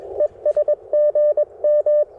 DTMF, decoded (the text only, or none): none